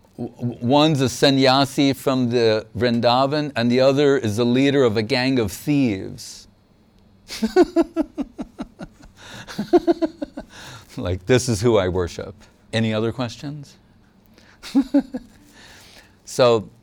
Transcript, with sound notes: “One is a sannyāsī from Vṛndāvan and the other is leader of a gang of thieves.” [Laughter] Like, this is who I worship, any other questions? [Laugher] So,